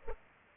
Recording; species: mosquito wingbeat signal from an infrared sensor; Culex pipiens